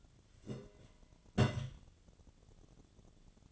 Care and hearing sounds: daily activity, microphone in the room; place on stove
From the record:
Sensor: 4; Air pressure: 1010.8 hPa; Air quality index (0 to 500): 170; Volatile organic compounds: 5 ppm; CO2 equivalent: 1726 ppm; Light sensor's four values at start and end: 38/110/44/45 and 39/111/44/45

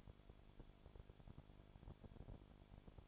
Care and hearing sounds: daily activity, microphone in the room; no activity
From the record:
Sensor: 5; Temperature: 20.2 degrees Celsius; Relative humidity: 36.5%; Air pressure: 1001.2 hPa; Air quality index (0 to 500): 176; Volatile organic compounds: 4 ppm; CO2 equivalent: 1607 ppm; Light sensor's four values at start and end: 2/3/1/1 and 2/3/1/1

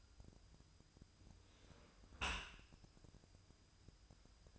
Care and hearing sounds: daily activity, microphone in the room; close dishwasher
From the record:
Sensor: 2

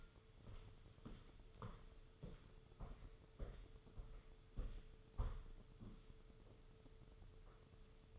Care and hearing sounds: daily activity, microphone in the room; walk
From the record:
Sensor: 4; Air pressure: 995.2 hPa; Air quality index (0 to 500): 211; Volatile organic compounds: 217 ppm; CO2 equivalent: 4267 ppm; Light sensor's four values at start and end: 13/33/13/14 and 13/33/13/14

